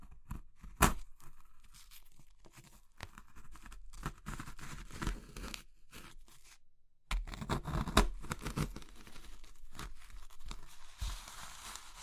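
Brittle crushing of a soft, chalky material, a dense run of small crackles and crumbly snaps with sharper breaks near the start and around eight seconds. The crunching quiets into faint rustling midway, stops briefly just before seven seconds, then resumes louder and busier.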